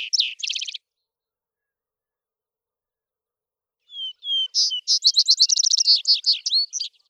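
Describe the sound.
Vesper sparrow song: after a brief trill fragment and a pause, two soft slurred whistled notes lead into a fast, jumbled series of bright trills and buzzy chips.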